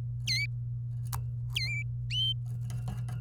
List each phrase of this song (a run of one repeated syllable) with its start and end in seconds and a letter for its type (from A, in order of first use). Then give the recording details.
0.27-0.46 A, 1.56-1.82 A, 2.11-2.33 B. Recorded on 24 April 2018 at 10:51. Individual llb3